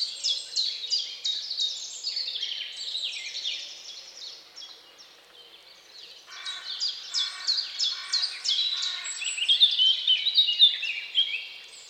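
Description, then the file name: Dawn birdsong: a flurry of rapid, high chirps, a brief lull, then a burst of buzzy and warbled notes. At dawn. "Odgłosy-Natury-Świt-i-ptaki"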